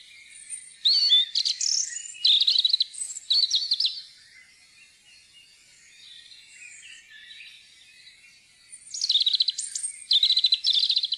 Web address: fuglelyder roedstrupe